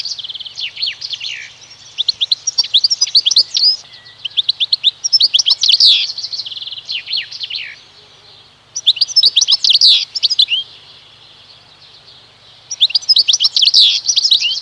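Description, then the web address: European goldfinch delivering lively twittering phrases of one to two seconds, mixing metallic chirps with buzzy slurs, with quiet gaps between phrases. "Przyroda Ptaki Szczygieł"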